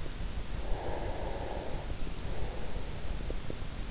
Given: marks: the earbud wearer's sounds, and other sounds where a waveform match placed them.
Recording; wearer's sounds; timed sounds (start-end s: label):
sounds in sleep by an in-ear microphone; breath
0.56-3.61 s: breath